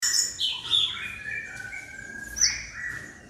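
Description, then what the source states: White-rumped shama song: a few whistled notes, some high and slurred, others steadier and lower. Aggressive (galak) song used as a lure (pancingan).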